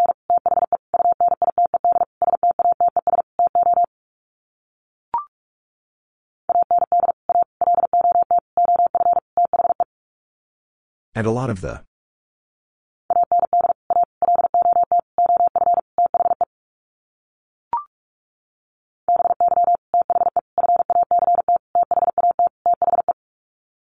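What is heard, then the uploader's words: Morse code is sent as a steady tone near 700 Hz, keyed in rapid bursts of dots and dashes, in four runs of about three to four seconds each with pauses between. Short single clicks come near 5 and 18 seconds, and a brief burst of speech near 11 seconds. First, the words are sent in Morse code. Then it is spoken. Sets of 5 Words Encore 45wpm.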